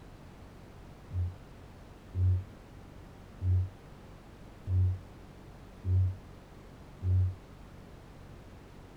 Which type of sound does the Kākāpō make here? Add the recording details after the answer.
boom. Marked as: faintness 2/5. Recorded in New Zealand. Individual Barnard